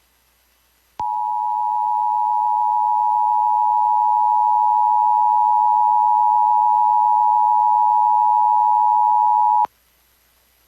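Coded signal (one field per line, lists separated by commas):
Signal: Emergency Alert System (SAME) tones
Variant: 853 and 960 Hz attention tone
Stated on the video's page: Required monthly test received off an FM broadcast station for Mason and Thurston counties, Washington.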